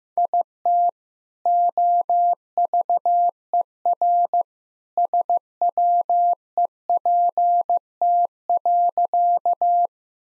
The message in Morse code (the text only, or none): IT OVERSWEPT.